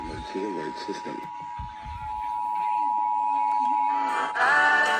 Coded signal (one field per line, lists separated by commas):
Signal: Emergency Alert System (SAME) tones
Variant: 853 and 960 Hz attention tone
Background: speech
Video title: MCLEAN AND RANKIN COUNTIES… Mass. and NH Required Monthly Tests - January 2025 (EAS #1,524-1,535)